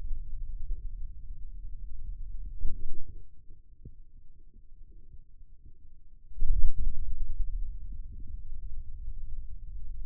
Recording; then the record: forearm muscle sounds (acoustic myography)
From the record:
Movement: radial deviation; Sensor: system 2, bracelet of six BSWA MPA416 microphones around the upper forearm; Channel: 2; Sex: male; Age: 22 years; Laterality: right